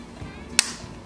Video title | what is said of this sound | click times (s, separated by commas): How To EASILY Swap Old Briggs Carb & Gas Tank To Newer Style Carb and Tank | can pop that back in till you hear it snap in. | 0.6 s